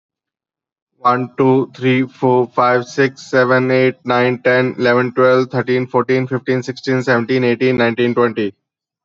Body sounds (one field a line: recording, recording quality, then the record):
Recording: counting at a fast pace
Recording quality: excellent, no background noise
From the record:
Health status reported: respiratory illness, not identified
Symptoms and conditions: asthma, diabetes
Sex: male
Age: 40 years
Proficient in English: yes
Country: India